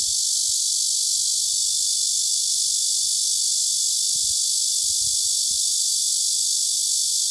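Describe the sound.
Cicada producing an even, shrill, hissing drone that stays constant throughout, with occasional faint low knocks underneath.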